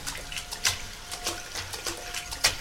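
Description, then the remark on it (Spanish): Raindrops patter into a puddle during a pause in cannon fire, a steady scatter of small wet plinks with a few sharper splashes rising above a soft, continuous watery hiss. No voices. “En medio de la pausa que han dejado los cañones, entre el repique de las gotas sobre el charco, se distingue el trino inconsciente de un pájaro.”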